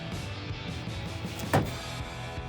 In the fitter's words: is a tight one. You can feel it sort of click into place.